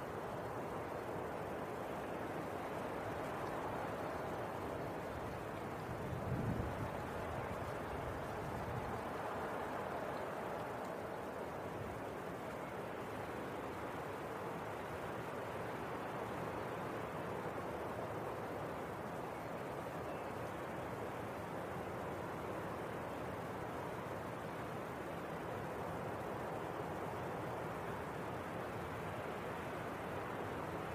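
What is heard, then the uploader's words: A winter wind storm roars steadily throughout, a dense low rushing with a brief stronger gust around six seconds. Winter Wind Storm.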